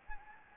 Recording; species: mosquito wingbeat signal from an infrared sensor; Anopheles gambiae